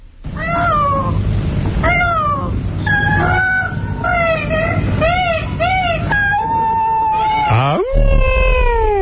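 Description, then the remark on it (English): A peacock's mating call: a series of loud, harsh, wailing cries that rise and fall in pitch, repeating rapidly with barely any pause, ending in a long, drawn-out scream. “That was peacock mating call”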